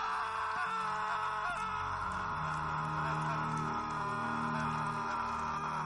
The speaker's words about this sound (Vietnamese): … đứng dưới hang, hướng về phía lối cửa hang rồi hét lớn.